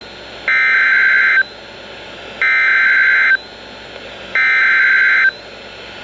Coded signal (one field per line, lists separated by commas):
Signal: Emergency Alert System (SAME) tones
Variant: header bursts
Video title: Severe Thunderstorm Warning 6 On KDO89 9/26/2023 (EAS #2,308)